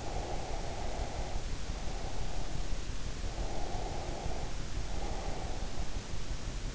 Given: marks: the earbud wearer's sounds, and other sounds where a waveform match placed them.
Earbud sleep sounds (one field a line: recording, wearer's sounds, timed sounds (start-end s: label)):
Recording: sounds in sleep by an in-ear microphone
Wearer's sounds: breath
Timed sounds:
0.00-2.59 s: breath
3.39-5.85 s: breath